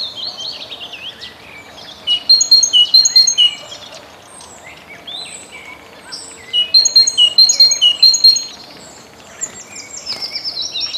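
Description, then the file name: Great tit phrases repeated rhythmically in two bursts among a lively chorus of other small birds trilling and chirping. "Bogatka"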